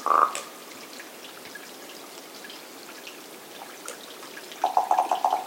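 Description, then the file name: Common raven calling: one short ringing call at the start, a long quiet gap, then a fast series of hollow knocking notes near the end, with soft background hiss. "Common Raven - Corvus corax"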